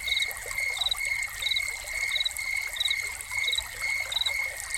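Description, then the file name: High pulsed cricket chirps repeat at an even pace over a continuous thin trill, accompanied by the babble of falling fountain water. Soundscape of crickets recorded together with a fountain. "Crickets and Fountain"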